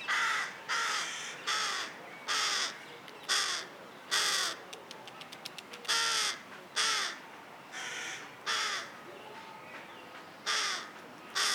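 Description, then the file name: Carrion crow giving a long run of harsh caws, about one every second, with a quick rattling burst of short notes midway. "Corvus corone"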